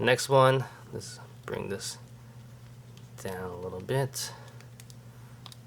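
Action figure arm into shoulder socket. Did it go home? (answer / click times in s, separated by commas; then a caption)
yes / 5.5 s. A plastic arm of a DC Multiverse New 52 Doomsday build-a-figure is pushed into the torso's shoulder ball socket while someone talks. Faint taps follow, and a sharp click at 5.5 s marks the arm seating in the socket.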